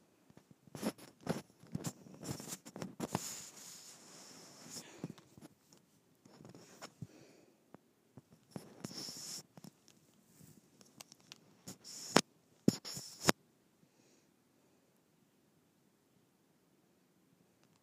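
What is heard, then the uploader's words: A microphone is rubbed against skin in irregular bursts of dry scraping and brushing, dense from about 1 to 5 seconds and again around 8 to 10 seconds. Sharp clicks and scuffs punctuate the rubbing near 12 to 13 seconds, then it falls nearly silent. ASMR Rubbing Microphone on my Skin.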